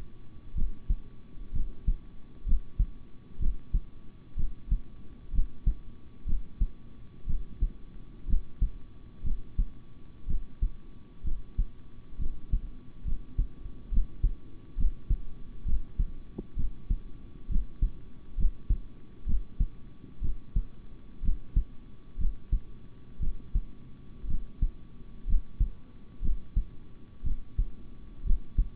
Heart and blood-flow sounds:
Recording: heart sounds by stethoscope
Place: between the tricuspid and mitral areas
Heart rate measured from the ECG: 63 bpm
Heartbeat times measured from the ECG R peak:
0.54 s: heartbeat
1.52 s: heartbeat
2.45 s: heartbeat
3.39 s: heartbeat
4.36 s: heartbeat
5.32 s: heartbeat
6.25 s: heartbeat
7.26 s: heartbeat
8.27 s: heartbeat
9.23 s: heartbeat
10.27 s: heartbeat
11.23 s: heartbeat
12.18 s: heartbeat
13.04 s: heartbeat
13.90 s: heartbeat
14.76 s: heartbeat
15.65 s: heartbeat
16.56 s: heartbeat
17.48 s: heartbeat
18.36 s: heartbeat
19.25 s: heartbeat
20.21 s: heartbeat
21.22 s: heartbeat
22.17 s: heartbeat
23.19 s: heartbeat
24.27 s: heartbeat
25.26 s: heartbeat
26.21 s: heartbeat
27.23 s: heartbeat
28.23 s: heartbeat
From the record:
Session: rest, sitting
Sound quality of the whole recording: good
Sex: male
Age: 26 years

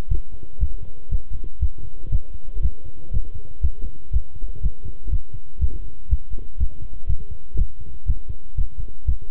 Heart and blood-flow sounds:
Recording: heart sounds by stethoscope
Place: between the tricuspid and mitral areas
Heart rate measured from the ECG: 120 bpm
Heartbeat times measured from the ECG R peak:
0.10 s: heartbeat
0.60 s: heartbeat
1.11 s: heartbeat
1.61 s: heartbeat
2.11 s: heartbeat
2.62 s: heartbeat
3.13 s: heartbeat
3.63 s: heartbeat
4.13 s: heartbeat
4.63 s: heartbeat
5.12 s: heartbeat
5.61 s: heartbeat
6.10 s: heartbeat
6.60 s: heartbeat
7.09 s: heartbeat
7.58 s: heartbeat
8.08 s: heartbeat
8.57 s: heartbeat
9.07 s: heartbeat
From the record:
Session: walking at 3.7 km/h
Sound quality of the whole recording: good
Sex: male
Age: 25 years

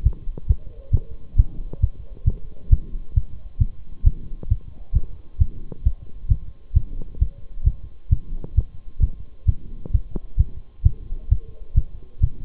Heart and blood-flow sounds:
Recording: heart sounds by stethoscope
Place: between the tricuspid and mitral areas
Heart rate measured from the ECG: 133 bpm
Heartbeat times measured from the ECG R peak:
0.05 s: heartbeat
0.49 s: heartbeat
0.93 s: heartbeat
1.38 s: heartbeat
1.83 s: heartbeat
2.27 s: heartbeat
2.72 s: heartbeat
3.16 s: heartbeat
3.60 s: heartbeat
4.06 s: heartbeat
4.51 s: heartbeat
4.95 s: heartbeat
5.41 s: heartbeat
5.85 s: heartbeat
6.30 s: heartbeat
6.76 s: heartbeat
7.21 s: heartbeat
7.66 s: heartbeat
8.12 s: heartbeat
8.57 s: heartbeat
9.02 s: heartbeat
9.48 s: heartbeat
9.94 s: heartbeat
10.39 s: heartbeat
10.85 s: heartbeat
11.31 s: heartbeat
11.76 s: heartbeat
12.23 s: heartbeat
From the record:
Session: Bruce protocol treadmill stress test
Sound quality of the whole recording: partially saturated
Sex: male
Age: 23 years

